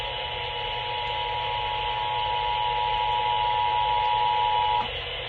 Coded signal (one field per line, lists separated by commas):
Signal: Emergency Alert System (SAME) tones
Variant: 853 and 960 Hz attention tone